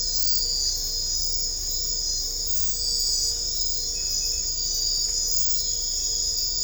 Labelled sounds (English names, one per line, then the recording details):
none
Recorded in dense forest near Puerto Asís, Putumayo, Colombia, on 21 December 2024 at 01:00
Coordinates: 0.500, -76.322
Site G053